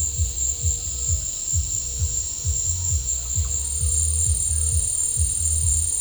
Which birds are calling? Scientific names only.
none